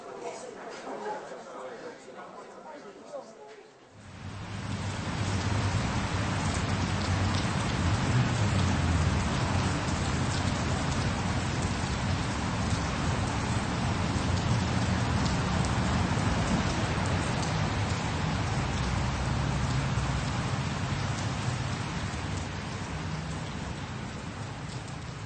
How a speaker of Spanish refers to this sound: La lluvia matinal se había convertido con el ocaso en una ligera llovizna.